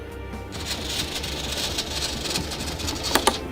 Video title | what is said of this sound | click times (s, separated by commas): This is a stickup! Magnet Upgrade for the AEROFOAM L-39 keeps your main doors up! | yeah that's a great sound again it has a very nice click to it | 3.1 s, 3.3 s